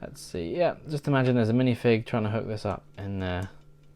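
Someone talks while fiddling the plastic crane hook of a Lego City Cargo Terminal 60169 set toward the attachment point on a cargo container, with only faint handling sounds under the voice. Nothing has hooked in or clicked yet by the end of the clip.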